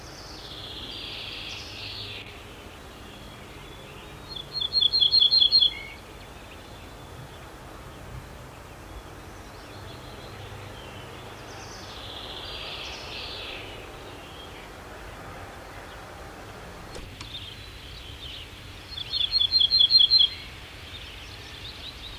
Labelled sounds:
Ortolan Bunting song

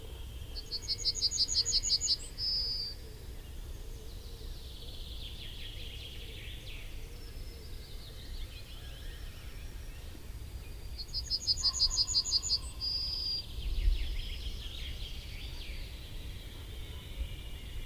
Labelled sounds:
Yellowhammer

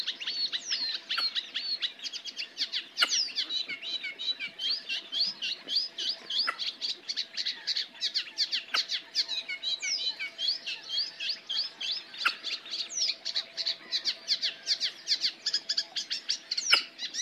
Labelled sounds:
Red-necked Grebe call

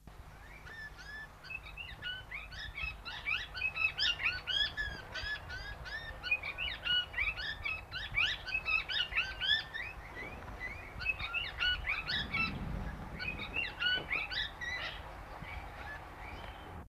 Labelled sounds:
Plum-headed Parakeet call

